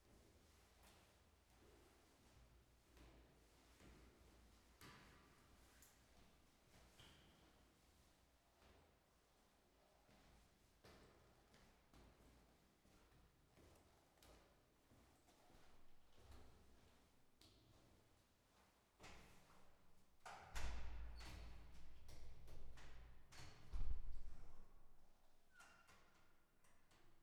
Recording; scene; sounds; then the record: everyday scene through a hearing-aid microphone; reverberant space; background noise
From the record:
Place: staircase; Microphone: behind the ear, right, rear